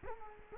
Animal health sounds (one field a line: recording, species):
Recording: mosquito wingbeat signal from an infrared sensor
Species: Culex quinquefasciatus